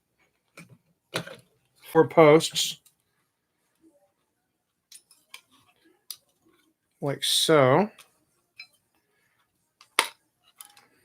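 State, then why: Seated. A drone's central hub (flight controller board) is aligned with four mounting posts on the new frame top and pressed down while someone talks. After a few faint ticks and taps, it snaps into place with a sharp click at 10.0 s, seated on the posts.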